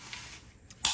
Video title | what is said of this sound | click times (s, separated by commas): Trying out the POOLWHALE Professional Pool Skimmer Net | So, you've got to squeeze these two together and push it up till it clicks in there like that. | 0.9 s